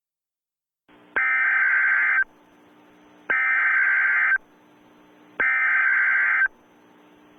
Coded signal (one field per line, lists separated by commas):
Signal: Emergency Alert System (SAME) tones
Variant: header bursts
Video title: EAS Scenario - Barney Error By T3chyy (X-TRA REMASTERED) (SNEAK PEEK 2)